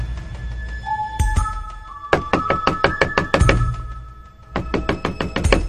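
household object, knocking on a door

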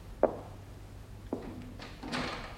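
household object, door being closed

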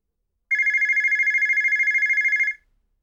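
signal or alarm, telephone ringing

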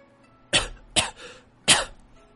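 human body sound, dry coughing

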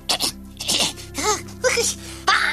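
human body sound, sneeze

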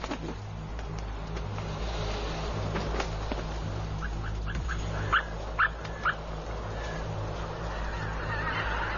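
bird, geese honking

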